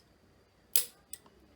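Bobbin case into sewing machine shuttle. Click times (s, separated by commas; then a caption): 0.8 s. A metal bobbin case holding a bobbin is pushed into the rotary shuttle of a Kingstar KS-9000A industrial sewing machine. It latches with a sharp bright click at 0.8 s, followed by two fainter clicks around 1.1 s and 1.3 s. The bobbin case is seated correctly in the shuttle.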